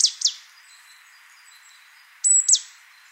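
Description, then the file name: Great tit calls: two brief, steeply descending high notes at the start, then a pause, then a thin level whistle leading into another falling note, with soft background hiss. "Parus major"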